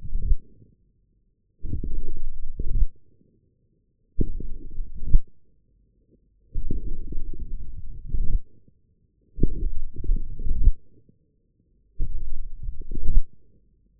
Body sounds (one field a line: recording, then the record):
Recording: forearm muscle sounds (acoustic myography)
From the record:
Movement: forearm supination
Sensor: system 1, eight BSWA MPA416 microphones around the upper forearm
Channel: 5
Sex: male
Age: 20 years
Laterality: left